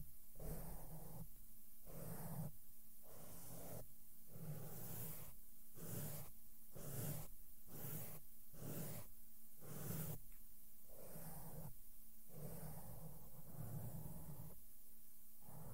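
Makeup brushes sweep softly over a microphone in a steady rhythm, roughly one stroke every second, each a low muffled rush with a faint bristly hiss on top. A constant low hum runs underneath, and the strokes keep an even loudness throughout.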